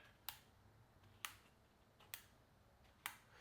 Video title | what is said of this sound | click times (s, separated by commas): THEIR BEST CASE!! - Torras Ostand 360 Spin for iPhone 16 Pro Max | So very nice. Click onto each single position. | 0.3 s, 1.2 s, 2.1 s, 3.1 s